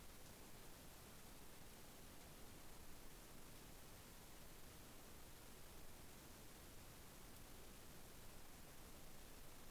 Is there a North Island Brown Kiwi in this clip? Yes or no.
no